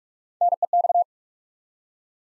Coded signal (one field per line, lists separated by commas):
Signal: Morse code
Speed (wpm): 44 wpm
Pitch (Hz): 700 Hz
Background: none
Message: NEX